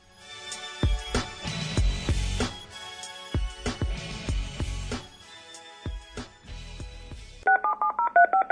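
Upbeat music with a heavy bass beat stops abruptly, followed by a rapid run of about eight telephone keypad dialing tones, each a short, clear beep at a shifting pitch.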